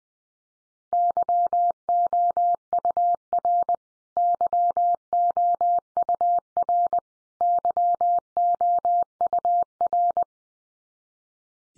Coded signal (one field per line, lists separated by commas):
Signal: Morse code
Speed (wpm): 20 wpm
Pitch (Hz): 700 Hz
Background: none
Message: YOUR YOUR YOUR